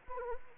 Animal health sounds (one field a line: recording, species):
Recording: mosquito wingbeat signal from an infrared sensor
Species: Anopheles arabiensis